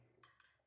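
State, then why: Seated. The gimbal axes of a DJI Osmo Pocket 3 pocket gimbal camera lock mechanically into place as the camera is folded or powered down. Two short, bright clicks are heard at 0.2 s and 0.4 s over a quiet background. Both axes lock, with each click marking one seating.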